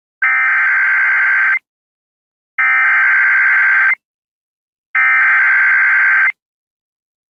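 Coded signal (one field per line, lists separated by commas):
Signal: Emergency Alert System (SAME) tones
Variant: header bursts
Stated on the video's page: Severe thunderstorm warning and winter alert tones carried on an internet radio stream.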